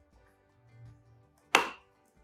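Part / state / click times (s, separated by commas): top piece into cat toy base / partly seated / 1.6 s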